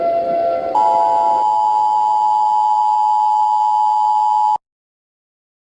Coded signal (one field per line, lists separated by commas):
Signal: Emergency Alert System (SAME) tones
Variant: 853 and 960 Hz attention tone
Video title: Rec room TV eas scenario (mock)